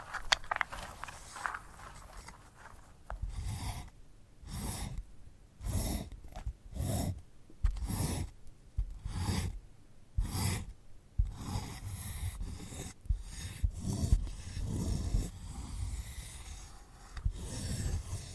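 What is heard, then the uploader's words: Rough scratching and rubbing on a sunflower head, in short bursts that come roughly every second or two. Each stroke is a dry, rasping sweep reaching bright hiss, with soft low thumps underneath and brief quiet gaps between strokes. ASMR of a Sunflower Head (No Talking).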